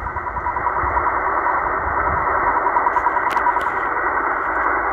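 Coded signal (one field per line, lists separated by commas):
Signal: radio time signal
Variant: RWM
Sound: shortwave hiss with faint, rapid 1 kHz ticks, about ten per second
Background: radio static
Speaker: and this is received at 2122 utc today september 27 2021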